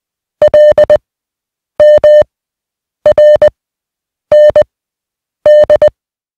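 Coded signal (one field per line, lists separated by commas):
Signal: Morse code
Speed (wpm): 20 wpm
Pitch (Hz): 600 Hz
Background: none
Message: L M R N D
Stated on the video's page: Morse receiving practice of 150 random single characters at 20 wpm.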